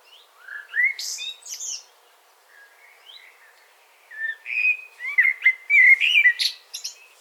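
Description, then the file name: Eurasian blackbird song: fluty, mellow warbled phrases rising and falling, each ending in high squeaky twitters, with a quiet pause between two phrases. "Turdus merula"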